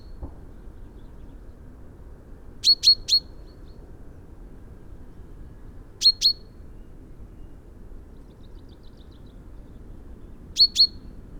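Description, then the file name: Common chaffinch calls: short sharp high notes in tight pairs or triplets, repeated at intervals of several seconds over a faint low background hum. "Fringilla coelebs"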